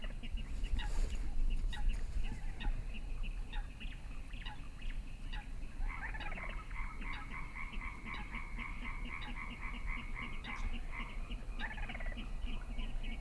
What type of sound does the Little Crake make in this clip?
call